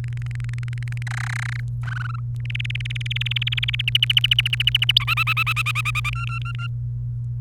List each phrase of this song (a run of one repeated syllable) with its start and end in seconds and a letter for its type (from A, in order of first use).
0.04-1.02 A, 1.07-1.60 B, 1.83-2.20 C, 2.45-3.81 D, 3.88-4.98 E, 5.00-6.10 F, 6.13-6.67 G